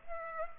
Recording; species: mosquito wingbeat signal from an infrared sensor; Culex pipiens